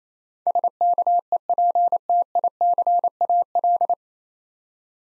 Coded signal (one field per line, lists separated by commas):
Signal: Morse code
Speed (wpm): 28 wpm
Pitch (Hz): 700 Hz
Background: none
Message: SKEPTICAL